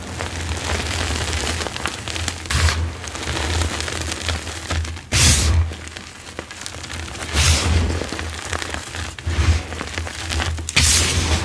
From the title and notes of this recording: Satisfying dyed gym chalk crush + crispy ombré cornstarch crunchies reforms.